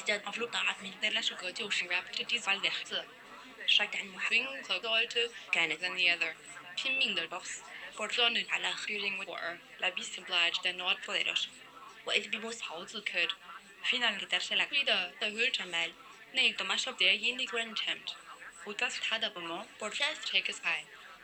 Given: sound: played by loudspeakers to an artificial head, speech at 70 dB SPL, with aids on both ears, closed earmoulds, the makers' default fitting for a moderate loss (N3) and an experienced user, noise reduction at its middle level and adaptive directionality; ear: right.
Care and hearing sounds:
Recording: speech test signal (ISTS) in cocktail-party noise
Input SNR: +3 dB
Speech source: in front (0 degrees)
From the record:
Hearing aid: class 1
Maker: I

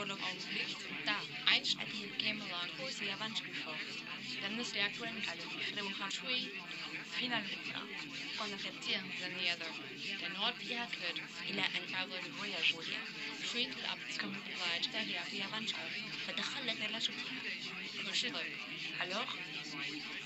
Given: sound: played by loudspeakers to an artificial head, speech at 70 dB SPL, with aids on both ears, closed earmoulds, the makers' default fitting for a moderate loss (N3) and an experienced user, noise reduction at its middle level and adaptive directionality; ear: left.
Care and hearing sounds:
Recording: speech test signal (ISTS) in cocktail-party noise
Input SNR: -3 dB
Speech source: in front (0 degrees)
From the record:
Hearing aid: class 1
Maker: D

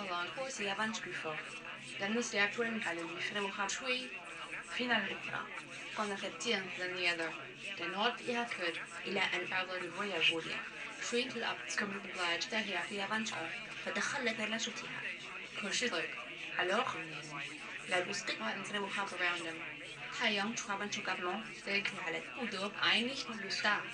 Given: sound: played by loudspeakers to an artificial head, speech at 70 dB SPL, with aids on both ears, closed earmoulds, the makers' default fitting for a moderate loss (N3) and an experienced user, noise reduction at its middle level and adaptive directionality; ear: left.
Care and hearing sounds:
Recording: speech test signal (ISTS) in cocktail-party noise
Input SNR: +9 dB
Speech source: on the right (90 degrees)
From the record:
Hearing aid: class 2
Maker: G

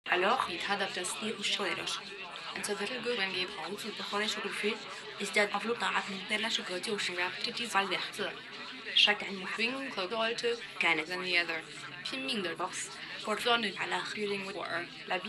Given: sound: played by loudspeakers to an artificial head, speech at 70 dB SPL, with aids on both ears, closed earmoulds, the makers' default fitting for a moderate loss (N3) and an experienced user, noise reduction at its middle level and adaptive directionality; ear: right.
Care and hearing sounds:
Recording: speech test signal (ISTS) in cocktail-party noise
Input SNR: +6 dB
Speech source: in front (0 degrees)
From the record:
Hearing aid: class 1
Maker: E

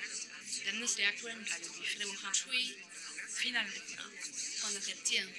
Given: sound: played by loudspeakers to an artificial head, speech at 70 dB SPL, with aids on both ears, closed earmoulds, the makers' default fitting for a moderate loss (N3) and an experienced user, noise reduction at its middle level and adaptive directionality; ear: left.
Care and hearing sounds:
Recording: speech test signal (ISTS) in cocktail-party noise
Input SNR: -3 dB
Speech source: in front (0 degrees)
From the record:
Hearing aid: class 1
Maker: J

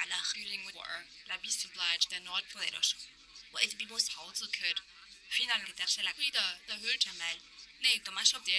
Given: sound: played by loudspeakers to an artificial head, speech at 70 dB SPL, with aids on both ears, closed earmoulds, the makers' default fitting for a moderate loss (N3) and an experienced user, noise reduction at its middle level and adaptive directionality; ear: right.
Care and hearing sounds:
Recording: speech test signal (ISTS) in cocktail-party noise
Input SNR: +9 dB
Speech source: on the right (90 degrees)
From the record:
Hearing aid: class 2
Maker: H

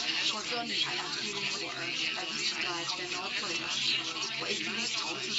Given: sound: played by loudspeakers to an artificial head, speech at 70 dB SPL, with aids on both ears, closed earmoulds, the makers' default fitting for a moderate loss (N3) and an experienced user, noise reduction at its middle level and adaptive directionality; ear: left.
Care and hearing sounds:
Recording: speech test signal (ISTS) in cocktail-party noise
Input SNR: 0 dB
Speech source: on the right (90 degrees)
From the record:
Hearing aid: class 1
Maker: A

